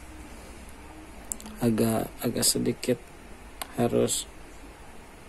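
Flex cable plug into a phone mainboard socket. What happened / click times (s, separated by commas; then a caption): Handled, not yet home: small connector being positioned, no clear seating click / none. A flex cable plug is pressed carefully toward its socket on the mainboard of a Xiaomi 4A phone during a power and volume button repair. A few faint ticks of handling come around 1.3 to 1.5 seconds while someone talks over the work. Nothing has seated or clicked yet.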